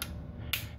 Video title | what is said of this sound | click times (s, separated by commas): Video Drone - DJI Spark How To Properly Install The Prop Guards! | make sure it clicks | 0.5 s